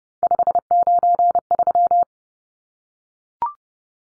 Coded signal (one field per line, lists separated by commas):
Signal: Morse code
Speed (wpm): 30 wpm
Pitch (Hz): 700 Hz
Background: none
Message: 593